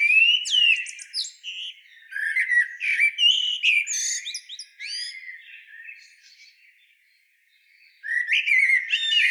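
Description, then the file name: Eurasian blackbird song with fluty whistled phrases ending in thin, high twitters, several phrases in quick succession, then a brief silence before another phrase begins. "Turdus merula"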